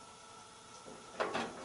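A wire harness plug is handled at the lid switch of a Whirlpool washing machine, with soft handling noise and two short broadband rustles near 1.2 and 1.4 seconds over a faint steady hum. Nothing has seated or clicked yet; the plug is not yet pushed home and locked by its tab.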